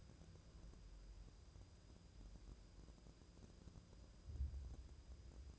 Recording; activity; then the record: daily activity, microphone in the room; wipe stove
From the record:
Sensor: 2